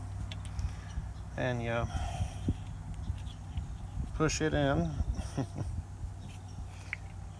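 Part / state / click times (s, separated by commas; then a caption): ignition wire terminal into coil/distributor cap tower / seated / 6.9 s. A crimped spark plug wire terminal on a John Deere tractor's electronic ignition is pushed into the coil or distributor cap tower socket while someone talks. A sharp click is heard at 6.9 s as the terminal snaps in and seats.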